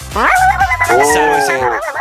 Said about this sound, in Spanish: Igual a mí me gusta me gusta el ruido a perro ladrando. Ay, es que sí. A mí no me jode para nada. Para nada, en absoluto. En cualquier horario, no me molesta.